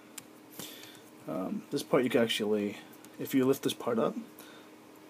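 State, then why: Seated. A plastic weapon accessory is squeezed tightly into the hand of a Human Alliance Bumblebee action figure until it snaps into place, with a sharp click at 0.2 s. A softer sound follows at 0.6 s, and then someone talks.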